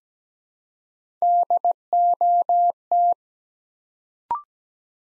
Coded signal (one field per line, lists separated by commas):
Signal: Morse code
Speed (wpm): 17 wpm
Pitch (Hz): 700 Hz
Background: none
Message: DOT